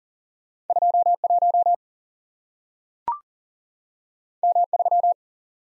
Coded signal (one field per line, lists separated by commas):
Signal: Morse code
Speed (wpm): 41 wpm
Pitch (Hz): 700 Hz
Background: none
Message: 21 M3